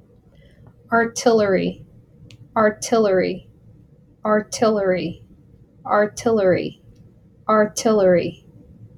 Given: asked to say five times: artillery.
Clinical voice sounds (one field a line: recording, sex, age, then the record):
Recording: repeated word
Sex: female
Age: 30 to 39 years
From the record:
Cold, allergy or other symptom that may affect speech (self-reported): no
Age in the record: 31 years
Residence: Delaware, United States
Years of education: 19